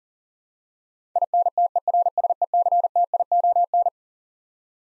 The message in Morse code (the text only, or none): INTERSECTION